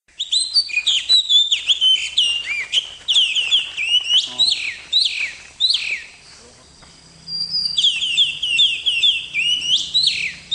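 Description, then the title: Oriental magpie-robin with a near-continuous, varied song of clear whistles and quick chirps, broken by one brief pause, with faint low hum later. "Suara Kacer"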